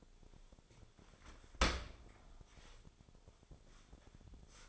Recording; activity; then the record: daily activity, microphone in the room; open dishwasher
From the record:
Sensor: 5